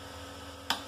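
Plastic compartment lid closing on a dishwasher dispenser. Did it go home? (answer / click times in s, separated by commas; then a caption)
yes / 0.7 s. The plastic lid of a dishwasher's detergent compartment is pushed closed after the compartment is filled. A short, sharp click sounds at 0.7 s over a steady low mains hum. The lid is seated and shut.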